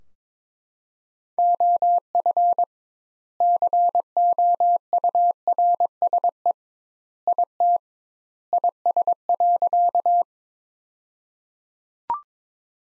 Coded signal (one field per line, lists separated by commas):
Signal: Morse code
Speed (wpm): 21 wpm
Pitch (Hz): 700 Hz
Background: none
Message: OF COURSE IT IS.